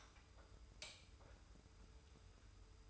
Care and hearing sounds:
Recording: daily activity, microphone in the room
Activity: light on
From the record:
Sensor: 2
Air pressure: 990.9 hPa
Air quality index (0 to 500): 120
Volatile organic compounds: 82 ppm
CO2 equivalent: 3627 ppm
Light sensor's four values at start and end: 25/60/24/24 and 30/78/31/31

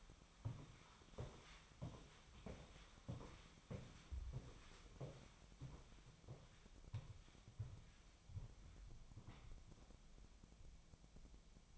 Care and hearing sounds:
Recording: daily activity, microphone in the room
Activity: walk to room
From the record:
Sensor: 1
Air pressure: 1010.2 hPa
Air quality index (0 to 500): 180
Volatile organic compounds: 14 ppm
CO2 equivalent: 2470 ppm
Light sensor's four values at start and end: 37/95/40/49 and 38/97/40/50

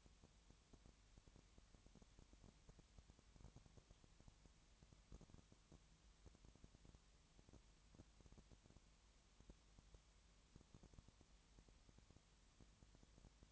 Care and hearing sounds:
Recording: daily activity, microphone in the room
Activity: no activity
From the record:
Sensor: 3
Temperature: 20.6 degrees Celsius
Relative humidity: 34.7%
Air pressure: 1007.2 hPa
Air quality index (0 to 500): 136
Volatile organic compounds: 3 ppm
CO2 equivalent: 1519 ppm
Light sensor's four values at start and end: 2/3/2/2 and 2/3/2/2

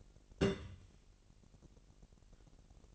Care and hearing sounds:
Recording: daily activity, microphone in the room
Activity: place on stove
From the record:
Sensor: 4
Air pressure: 1002.9 hPa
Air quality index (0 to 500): 248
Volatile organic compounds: 12 ppm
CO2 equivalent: 2327 ppm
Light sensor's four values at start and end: 8/18/7/7 and 8/19/7/7

